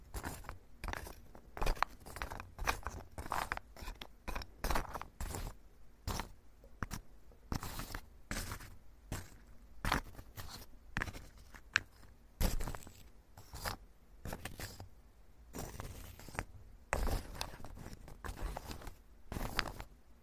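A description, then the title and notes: Wood scraping in repeated short strokes, each a rough, bright rasp from low rumble up to high hiss, coming roughly every half second to second for the whole stretch. Quieter gaps fall between strokes, with a faint low hum underneath. This episode is Wood Scraping.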